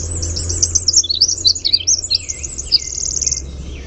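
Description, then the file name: Winter wren song, a rapid, very high tumble of tinkling notes and short warbles, closing with a fast, even trill. "WIWR song"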